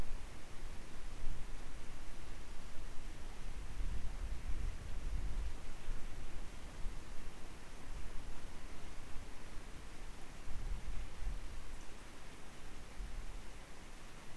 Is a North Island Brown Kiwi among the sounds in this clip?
no